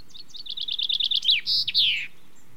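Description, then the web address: Common chaffinch song, a cascading run of crisp repeated notes tumbling lower and closing with an emphatic buzzy flourish; light hiss beneath. "The BBC Sound Effects Library. Chaffinch"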